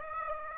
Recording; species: mosquito wingbeat signal from an infrared sensor; Aedes aegypti